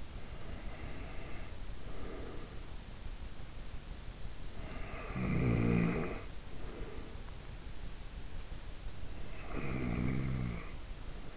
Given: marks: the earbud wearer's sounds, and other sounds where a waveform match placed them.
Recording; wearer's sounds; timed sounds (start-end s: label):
sounds in sleep by an in-ear microphone; breath, snoring breath
0.00-2.85 s: breath
4.46-7.31 s: snoring breath
9.26-11.37 s: snoring breath